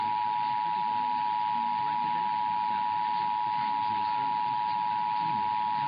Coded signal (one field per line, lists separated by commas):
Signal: Emergency Alert System (SAME) tones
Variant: 853 and 960 Hz attention tone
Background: speech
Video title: Minnesota and Wisconsin Monthly Tests (EAS #559-569) 8/7/24